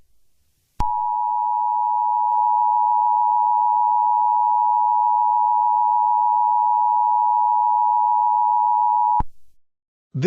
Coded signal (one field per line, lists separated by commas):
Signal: Emergency Alert System (SAME) tones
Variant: 853 and 960 Hz attention tone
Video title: eas scenario #1 Steve.exe